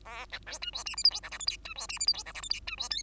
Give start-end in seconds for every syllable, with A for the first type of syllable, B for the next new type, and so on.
0.05-0.27 A, 0.31-0.40 B, 0.46-0.59 C, 0.61-0.71 D, 0.73-0.84 E, 0.85-0.96 F, 0.97-1.03 G, 1.04-1.10 H, 1.10-1.21 I, 1.23-1.30 J, 1.31-1.38 K, 1.39-1.46 L, 1.47-1.57 M, 1.64-1.74 D, 1.75-1.87 E, 1.89-1.99 F, 1.99-2.06 G, 2.07-2.13 H, 2.13-2.24 I, 2.25-2.33 J, 2.34-2.42 K, 2.42-2.49 L, 2.50-2.60 M, 2.67-2.76 D, 2.77-2.89 E, 2.90-3.03 N